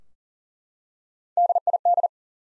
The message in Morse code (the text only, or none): DID